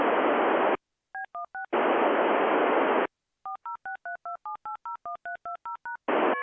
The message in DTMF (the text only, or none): B16 406327801320#